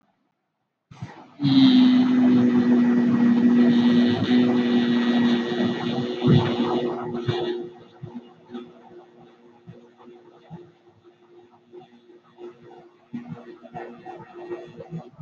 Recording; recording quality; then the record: sustained vowel as in beet; moderate, slight background noise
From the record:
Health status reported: healthy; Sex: male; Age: 19 years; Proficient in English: yes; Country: India